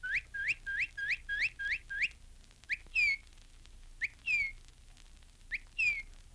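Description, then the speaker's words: Northern cardinal song: a fast run of seven clear upslurred whistles, then three spaced pairs of an upslurred and a loud downslurred whistled note. Usually called redbird in Florida; found in both wilderness and city settings in Florida. "That was a cardinal, usually called redbird in Florida."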